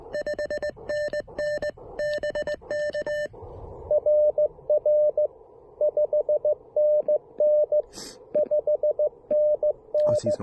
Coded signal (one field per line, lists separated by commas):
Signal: Morse code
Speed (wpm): 20 wpm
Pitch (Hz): 590 Hz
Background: radio noise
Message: 5NN BK RR 5NN 5NN